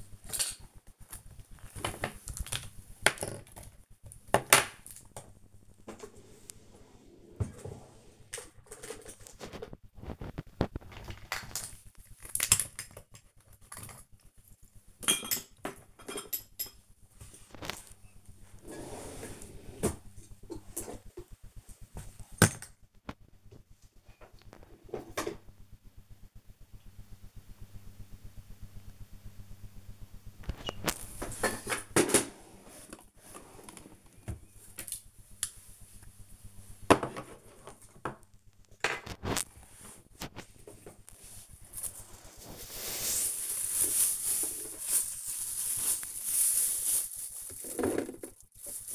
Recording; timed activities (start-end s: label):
household activities, microphone on the right wrist
0.00-48.95 s: tidy up the cupboard